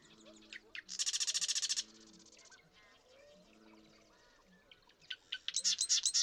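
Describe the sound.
Marsh Wren song given twice: a few sharp ticks leading into a dry, rapid rattling trill, with softer notes between.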